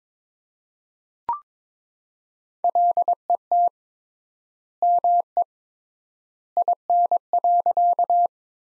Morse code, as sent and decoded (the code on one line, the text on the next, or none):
.-.. . - / -- . / .. -. .-.-.-
LET ME IN.